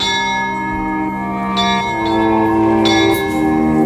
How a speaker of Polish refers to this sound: W dole, na wawelskim dziedzińcu, odezwały się dzwonki.